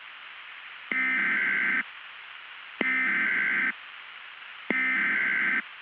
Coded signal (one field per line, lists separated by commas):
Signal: Emergency Alert System (SAME) tones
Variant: header bursts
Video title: [EAS Scenario / Analog Horror] - Macabre